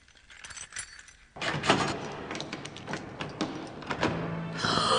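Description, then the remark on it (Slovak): Keys jingle lightly, then a lock clicks and a woman opens the door of a room in a castle, which creaks open with a burst of metallic rattling and scraping, ending in a brighter clatter. “Nakoniec jej nedalo a otvorila dvere, lebo predtým videla, kam Víťazko kľúče schoval”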